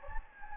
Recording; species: mosquito wingbeat signal from an infrared sensor; Anopheles gambiae